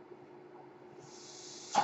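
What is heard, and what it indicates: A faint low hum gives way, about a second in, to a steady high airy hiss. The hiss ends in a brief louder rush. This is the airflow of a mechanical ventilator delivering a breath.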